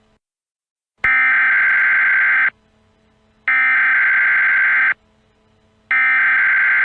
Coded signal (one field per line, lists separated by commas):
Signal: Emergency Alert System (SAME) tones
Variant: header bursts